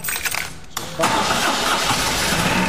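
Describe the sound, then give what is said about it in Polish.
A BMW motorcycle engine cranks with a short stuttering churn, then catches just after a second and settles into a loud, steady, rough idle that continues to the end. “To BMW, które jest rozpoznawalne, bo James Bond w jednym z odcinków właśnie jeździł takim modelem.”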